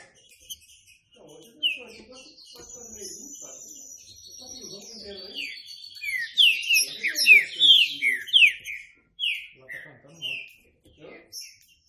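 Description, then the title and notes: Green-winged saltator song building from scattered whistles to a fast run of falling slurred notes, with faint low chatter and a sustained high buzzy tone. Classic song style (canto clássico) of the Green-winged saltator, presented as a training recording. "Canto Clássico Trinca Ferro TREINAMENTO. trinca fero"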